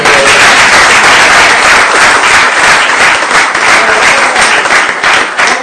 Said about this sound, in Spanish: Si ese fue el aplauso para mí, ¿cómo le aplaudirían a Jesús?